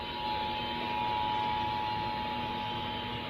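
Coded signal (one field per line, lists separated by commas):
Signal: Emergency Alert System (SAME) tones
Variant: 853 and 960 Hz attention tone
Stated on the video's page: Texas required monthly test originated from KTRH-AM and WBAP-AM, relayed by FM, TV and cable stations.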